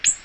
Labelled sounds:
Ovenbird (Seiurus aurocapilla) flight call

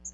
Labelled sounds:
Hooded Warbler (Setophaga citrina) flight call

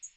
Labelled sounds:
Magnolia Warbler (Setophaga magnolia) flight call

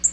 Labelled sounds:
Black-throated Green Warbler (Setophaga virens) flight call

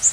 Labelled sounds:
Blue-winged Warbler (Vermivora cyanoptera) flight call

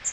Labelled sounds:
Magnolia Warbler (Setophaga magnolia) flight call

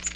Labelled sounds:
Magnolia Warbler (Setophaga magnolia) flight call

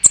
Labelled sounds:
American Redstart (Setophaga ruticilla) flight call

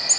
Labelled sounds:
Black-throated Green Warbler (Setophaga virens) flight call

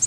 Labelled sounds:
Nashville Warbler (Leiothlypis ruficapilla) flight call

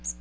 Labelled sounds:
Magnolia Warbler (Setophaga magnolia) flight call

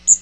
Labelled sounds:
Magnolia Warbler (Setophaga magnolia) flight call

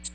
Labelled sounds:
American Redstart (Setophaga ruticilla) flight call

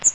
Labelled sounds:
Magnolia Warbler (Setophaga magnolia) flight call

